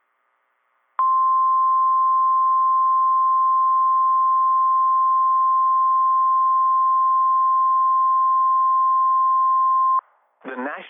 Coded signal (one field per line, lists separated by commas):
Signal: Emergency Alert System (SAME) tones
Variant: 1050 Hz attention tone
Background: speech